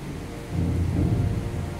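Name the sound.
heavy rain with thunder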